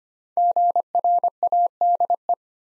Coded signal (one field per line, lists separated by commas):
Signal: Morse code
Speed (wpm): 25 wpm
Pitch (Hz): 700 Hz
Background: none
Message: GRADE